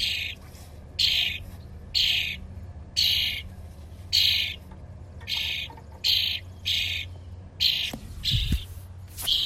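Baby birds: harsh, hissing bursts repeated roughly once a second, each about half a second long, over a steady low hum.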